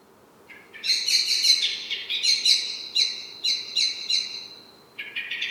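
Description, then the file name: Common blackbird calls: a burst of harsh, chattering notes in quick succession, fading into a few repeated clipped notes, then another short burst at the end. "Turdus merula"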